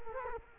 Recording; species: mosquito wingbeat signal from an infrared sensor; Culex quinquefasciatus